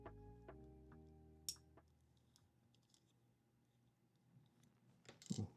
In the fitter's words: This one did not snap in place fully.